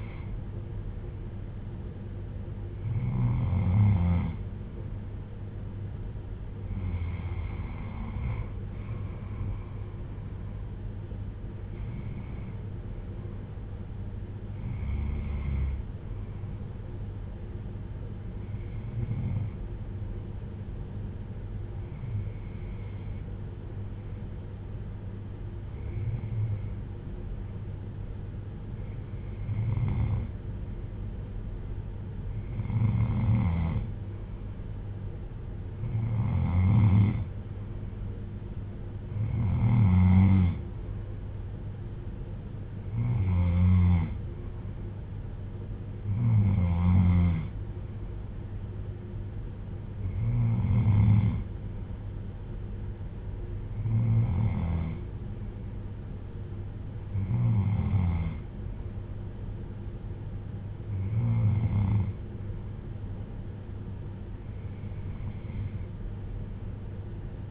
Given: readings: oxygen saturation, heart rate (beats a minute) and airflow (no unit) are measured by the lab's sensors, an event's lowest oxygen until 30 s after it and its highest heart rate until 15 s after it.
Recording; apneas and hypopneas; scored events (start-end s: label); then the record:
breathing in sleep by a smartphone at the bedside; none
none scored
From the record:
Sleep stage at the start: N3 (deep sleep); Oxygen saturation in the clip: 93 to 95%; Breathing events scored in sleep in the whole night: 310 in 8.1 hours asleep